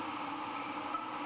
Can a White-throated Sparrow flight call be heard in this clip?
no